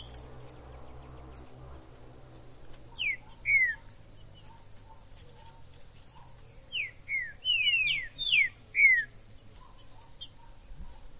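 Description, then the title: Green-winged saltator delivering a two-note whistle, then after a pause a longer phrase of several descending slurred whistles, with faint chirps behind. Wild bird in the forest, calling, singing and displaying as a male in a contest; used to stimulate a kept bird. "TRINCA Piando, Cantando E Macheando Na DISPUTA. TRINCA FERRO no MATO. Trinca ferro MAJOR no MATO"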